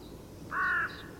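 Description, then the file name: Carrion crow uttering a short, harsh caw, with another beginning at the end. "Corvus corone"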